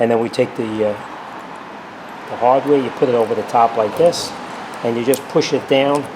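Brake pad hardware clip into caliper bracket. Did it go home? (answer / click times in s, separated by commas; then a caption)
no / none. A metal brake pad abutment clip (hardware) for the brakes of a 2013 Toyota Highlander is placed over the top of the caliper bracket and pushed down by hand; the hardware minimizes rusting. Someone talks throughout, with only faint background noise in the pauses. Nothing has clicked or seated yet.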